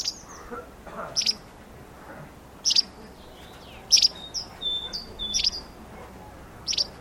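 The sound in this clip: Bird calls: sharp high chips repeated at irregular intervals of about a second or more, with thin whistled notes and slurred tones between them, over a quiet background.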